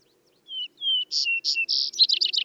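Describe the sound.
Vesper sparrow song: two slurred whistled notes, then higher buzzy notes and a fast, jumbled trill to finish.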